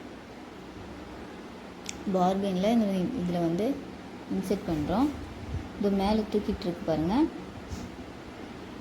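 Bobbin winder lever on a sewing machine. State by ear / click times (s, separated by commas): not seated / none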